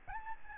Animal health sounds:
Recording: mosquito wingbeat signal from an infrared sensor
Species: Aedes albopictus

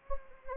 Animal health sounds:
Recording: mosquito wingbeat signal from an infrared sensor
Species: Anopheles gambiae

